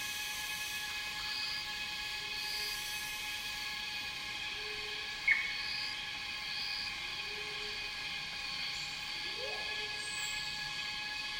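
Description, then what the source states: Cicadas hum in a steady high chorus; soft short whistles recur every few seconds and a single sharp click sounds midway. Cicadas in a rainforest, heard together with birds.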